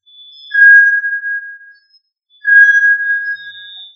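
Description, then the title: Tinamou whistles: two pure, even-pitched notes, each held more than a second, separated by a short silence, against a quiet background. "Familia Tinamidae - Quail - Puyuh"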